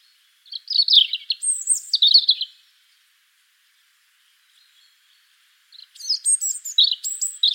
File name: Erithacus rubecula